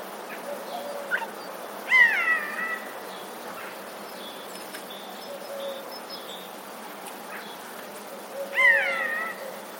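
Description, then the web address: Eurasian jay mewing calls: two loud, drawn-out, downward-sliding mews with clear harmonics, about seven seconds apart, with faint softer notes and a steady hiss between them. Recorded 13 February 2022. "wroblowe ostrzegator sojka"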